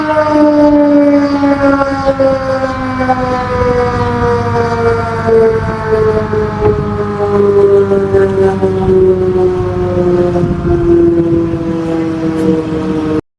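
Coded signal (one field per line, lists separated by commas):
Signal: siren signal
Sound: loud mechanical siren wail with rich harmonics, slowly sliding down in pitch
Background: wind noise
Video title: Siren signal( fire Alarm/test) Dominican replublic 🇩🇴 Sterling M10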